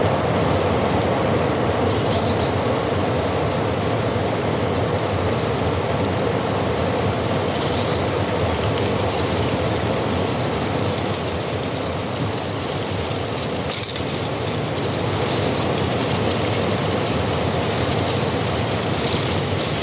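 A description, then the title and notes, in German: Wind sweeps steadily over a mountain meadow, a dense continuous rush with faint crackling of dry leaves and a brief sharper gust near fourteen seconds. Natur - Wind am Hochgern. Dabei wurde ich von starken Wind überrascht der die Blätter vom letzten Sommer knisternd über die Bergwiese treibt.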